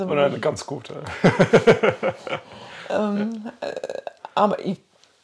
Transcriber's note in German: lacht